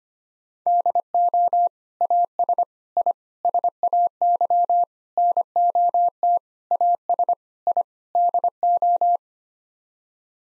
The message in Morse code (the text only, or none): DO AS I SAY NOT AS I DO